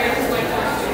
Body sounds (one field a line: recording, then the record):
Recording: background sound without coughing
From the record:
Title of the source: 40 min - Ambience sounds UNIVERSITY lunchroom chatting